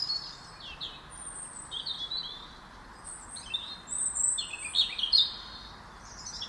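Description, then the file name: European robin song of varied high whistled and trilling phrases, some falling, some rising, delivered almost continuously over a broad hissing background. "Erithacus rubecula"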